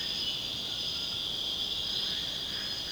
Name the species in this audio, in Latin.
none